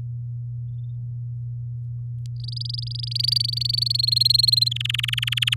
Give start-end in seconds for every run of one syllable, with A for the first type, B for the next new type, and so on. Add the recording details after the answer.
2.40-3.92 A, 3.94-4.69 B, 4.71-5.54 C. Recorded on 6 May 2018 at 10:27. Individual llb16